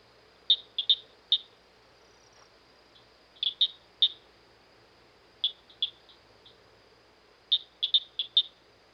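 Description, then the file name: Southern cricket frog calling with crisp, high clicks in irregular clusters of a few, with faint extra clicks between groups. "dan-gibsons-solitudes southern-cricket-frog"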